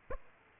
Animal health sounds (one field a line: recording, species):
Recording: mosquito wingbeat signal from an infrared sensor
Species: Aedes aegypti